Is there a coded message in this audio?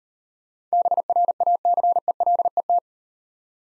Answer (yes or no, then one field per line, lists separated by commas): yes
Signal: Morse code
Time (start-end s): 0.7-2.8 s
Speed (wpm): 39 wpm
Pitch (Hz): 700 Hz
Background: none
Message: BRACELET